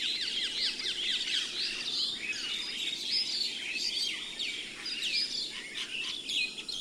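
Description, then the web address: Common myna calls in dense, continuous chatter of overlapping squeaky, slurred notes, with no real pause throughout. Recorded February 2011. "2011 02 Martin-triste"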